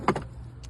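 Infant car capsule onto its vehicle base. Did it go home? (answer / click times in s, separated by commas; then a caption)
yes / 0.1 s. A Maxi-Cosi Mico 12 infant car capsule is lowered onto its vehicle base so the two bars on the capsule engage the hooks on the base. A sharp click lands at 0.1 s, followed by smaller knocks and a faint later rattle. The capsule is confirmed locked onto the base.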